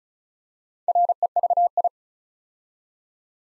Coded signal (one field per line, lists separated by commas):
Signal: Morse code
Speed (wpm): 36 wpm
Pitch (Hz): 700 Hz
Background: none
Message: REVI